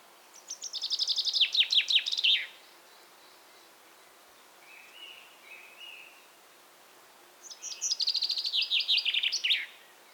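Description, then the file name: Common chaffinch giving two full songs several seconds apart, each a bright tumbling trill falling in pitch and ending with an emphatic flourish; soft low notes between them. "Fringilla coelebs"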